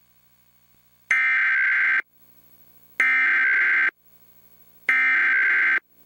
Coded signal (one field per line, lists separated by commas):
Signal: Emergency Alert System (SAME) tones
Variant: header bursts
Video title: 12-17-18 Child Abduction Emergencies (EAS #271 - #274)